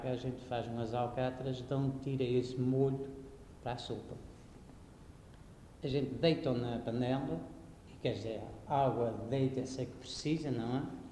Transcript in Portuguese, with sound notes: a gente faz umas alcatras donde tira esse molho para a sopa; [pausa] a gente deita-o na panela; quer dizer, água, deita-se a que precisa – não é?